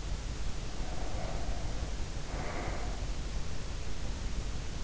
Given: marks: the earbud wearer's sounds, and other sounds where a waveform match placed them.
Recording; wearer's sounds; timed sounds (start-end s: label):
sounds in sleep by an in-ear microphone; breath
0.41-3.36 s: breath